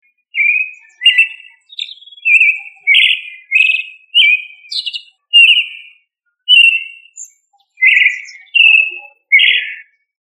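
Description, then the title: Thrush song: a steady series of clear whistled phrases, short rich notes and slurred warbles, each separated by a brief pause. "Familia Turdidae - Sabia"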